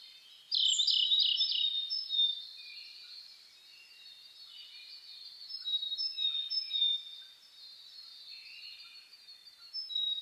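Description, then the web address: Birds in a dawn chorus: a loud rapid chattering burst opens, followed by steadier overlapping whistles and trills at a lower level. Dawn chorus (reimei) of birdsong (saezuri) recorded on 10 May 2010. "reimei -saezuri-20100510"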